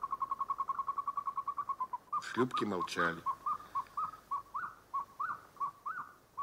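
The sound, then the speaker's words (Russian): A nightingale sings, opening with a rapid, steady run of sharp clicking notes, then a series of clear, mid-pitched whistled phrases; a voice briefly speaks partway through. “И соловей, птица кустов и деревьев, пел и щелкал над морем.”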